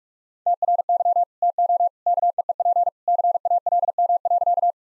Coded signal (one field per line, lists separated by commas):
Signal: Morse code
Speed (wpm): 43 wpm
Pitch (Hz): 700 Hz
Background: none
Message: TRY TO KEEP CALM.